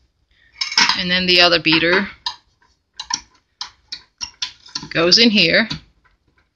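Someone talks while handling the second metal beater of a Sunbeam MixMaster Heritage Series FPSBSM21XX stand mixer, bringing it to its socket on the mixer head. Between about 3.0 and 4.8 s there are short, sharp metallic taps and knocks from the handling, and then the talking resumes. The clip ends before the beater goes home, so nothing has seated or clicked yet.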